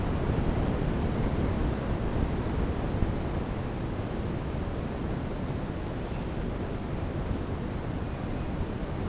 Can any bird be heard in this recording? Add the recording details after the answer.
no. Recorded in secondary vegetation near Puerto Asís, Putumayo, Colombia, on 13 March 2025 at 16:30. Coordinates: 0.481, -76.318. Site G097